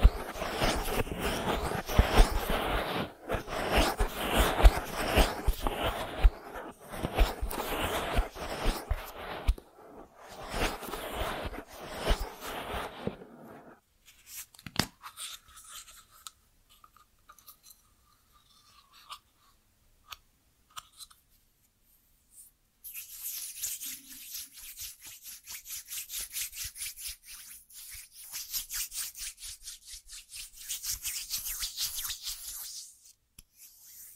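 An ear massage recording made of soft rubbing and crinkling textures. Dense, scratchy friction sounds fill the first fourteen seconds, then a near-silent stretch with a faint steady tone follows. From about twenty-three seconds, brighter, crisp rubbing returns in rhythmic waves until the end.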